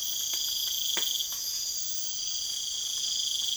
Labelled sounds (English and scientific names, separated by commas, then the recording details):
none
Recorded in secondary vegetation near Puerto Asís, Putumayo, Colombia, on 27 June 2025
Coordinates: 0.488, -76.319
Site G094